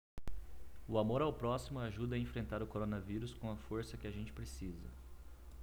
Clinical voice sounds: spoken sentence; Brazilian Portuguese; male; 30 to 39 years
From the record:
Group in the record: control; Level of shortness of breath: 0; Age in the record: 32 years

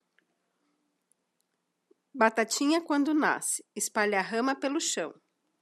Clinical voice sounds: short text; Brazilian Portuguese; female; 40 to 49 years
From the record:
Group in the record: control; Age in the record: 42 years

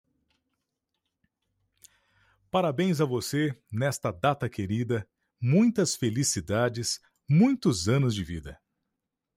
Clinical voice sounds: short text; Brazilian Portuguese; male; 30 to 39 years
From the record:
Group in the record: control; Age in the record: 37 years

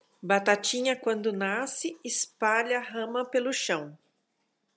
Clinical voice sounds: short text; Brazilian Portuguese; female; 50 to 59 years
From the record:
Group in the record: control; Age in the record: 56 years

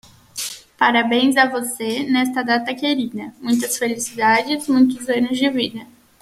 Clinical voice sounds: short text; Brazilian Portuguese; female; 20 to 29 years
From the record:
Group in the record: control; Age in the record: 24 years

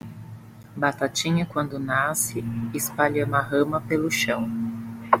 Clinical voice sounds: short text; Brazilian Portuguese; female; 40 to 49 years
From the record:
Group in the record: control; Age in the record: 42 years

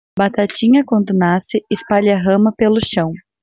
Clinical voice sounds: short text; Brazilian Portuguese; female; 20 to 29 years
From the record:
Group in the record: control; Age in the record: 20 years

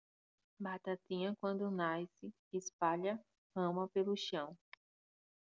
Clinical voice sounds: short text; Brazilian Portuguese; female; 30 to 39 years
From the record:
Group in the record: control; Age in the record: 30 years

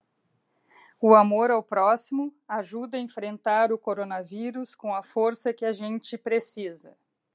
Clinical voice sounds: spoken sentence; Brazilian Portuguese; female; 50 to 59 years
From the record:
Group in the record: control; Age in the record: 57 years

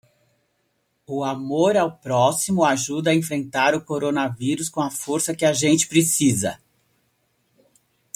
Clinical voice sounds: spoken sentence; Brazilian Portuguese; female; 60 to 69 years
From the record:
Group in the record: control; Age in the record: 63 years

